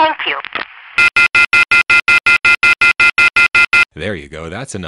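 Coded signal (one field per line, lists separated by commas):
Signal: telephone call progress tone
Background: speech, music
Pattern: off-hook warning tone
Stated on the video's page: Telephone company permanent-signal recordings for phones left off hook, 1971-1983.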